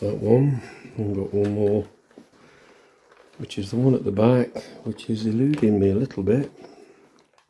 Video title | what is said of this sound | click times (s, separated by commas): How I Fit Motorcycle Intercoms into a Helmet | oh I didn't get a click oh it went in but I didn't get a click | none